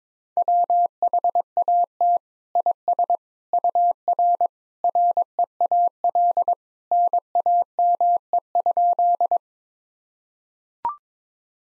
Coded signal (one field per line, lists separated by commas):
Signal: Morse code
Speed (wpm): 22 wpm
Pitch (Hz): 700 Hz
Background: none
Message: WHAT IS UR REAL NAME?